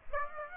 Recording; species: mosquito wingbeat signal from an infrared sensor; Aedes aegypti